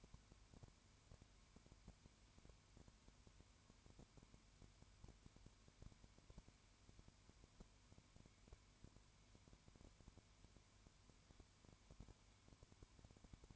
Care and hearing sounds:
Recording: daily activity, microphone in the room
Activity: no activity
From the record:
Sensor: 2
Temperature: 20.0 degrees Celsius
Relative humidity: 32.1%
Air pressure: 1001.1 hPa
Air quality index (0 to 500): 55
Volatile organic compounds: 1 ppm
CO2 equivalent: 603 ppm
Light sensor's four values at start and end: 2/3/2/2 and 2/3/2/2

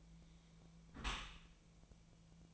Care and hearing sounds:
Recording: daily activity, microphone in the room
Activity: close dishwasher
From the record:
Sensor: 1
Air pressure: 1000.5 hPa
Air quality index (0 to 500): 182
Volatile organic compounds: 4 ppm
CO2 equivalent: 1672 ppm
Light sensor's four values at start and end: 11/26/11/12 and 11/26/11/12

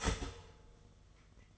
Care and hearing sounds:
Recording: daily activity, microphone in the room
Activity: start toaster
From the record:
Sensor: 4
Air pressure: 1015.5 hPa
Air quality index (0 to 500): 200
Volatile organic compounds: 10 ppm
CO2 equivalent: 2237 ppm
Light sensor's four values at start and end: 4/8/3/3 and 4/8/3/3

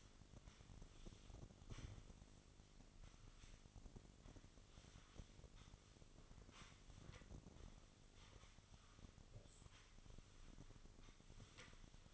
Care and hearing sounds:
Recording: daily activity, microphone in the room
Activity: sweep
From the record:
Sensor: 4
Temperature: 27.1 degrees Celsius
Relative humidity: 35.2%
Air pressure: 1003.9 hPa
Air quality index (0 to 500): 149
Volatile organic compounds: 2 ppm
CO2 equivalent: 1064 ppm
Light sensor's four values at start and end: 16/37/15/16 and 16/38/15/17

